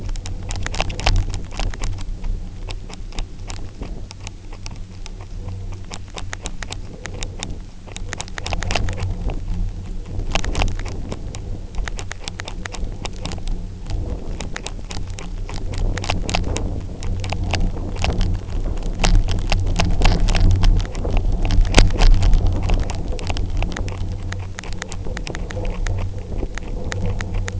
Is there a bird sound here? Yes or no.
no